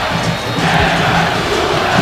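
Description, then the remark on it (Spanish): A large stadium crowd of San Martín de Tucumán football fans roars and chants in a loud, continuous wall of shouting and cheering during a 2024 match against Gimnasia, with a steady dense texture and no pauses. “Acá, cuando todos esperábamos gritar el primero de Gimnasia, ahora el que grita, escuchá, es el Santo Tucumano.”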